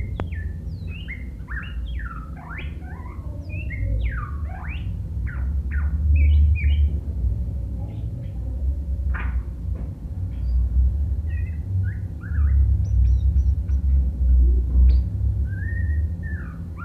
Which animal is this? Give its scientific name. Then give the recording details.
Copsychus malabaricus. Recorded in captivity. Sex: male. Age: adult. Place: Hannover, Niedersachsen, DE. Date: 1967-12-25. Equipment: Hornyphon Bandgerät, Phillips Mikrofon Type EL 6020. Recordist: Lütgens, Hans